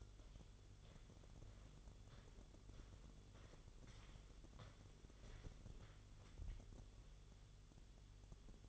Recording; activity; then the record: daily activity, microphone in the room; walk to room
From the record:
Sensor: 4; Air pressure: 1009.0 hPa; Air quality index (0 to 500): 141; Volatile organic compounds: 2 ppm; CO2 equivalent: 1021 ppm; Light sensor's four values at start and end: 15/33/13/13 and 14/31/13/12